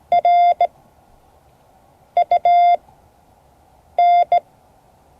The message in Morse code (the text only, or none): RUN